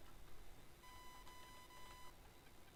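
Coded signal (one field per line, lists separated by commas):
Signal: none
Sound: cockpit warning beeps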